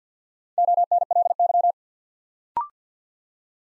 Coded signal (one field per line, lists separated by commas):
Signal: Morse code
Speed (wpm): 48 wpm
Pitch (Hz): 700 Hz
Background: none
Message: ONLY